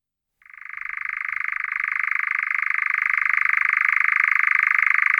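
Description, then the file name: European nightjar churring: a continuous, even mechanical trill that starts abruptly and then runs unbroken, rising slightly in loudness. "Caprimulgus europaeus"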